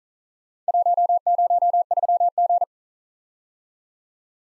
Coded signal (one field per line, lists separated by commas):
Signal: Morse code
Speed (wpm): 41 wpm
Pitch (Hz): 700 Hz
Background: none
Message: 103G